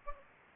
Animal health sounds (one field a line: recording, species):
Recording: mosquito wingbeat signal from an infrared sensor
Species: Anopheles gambiae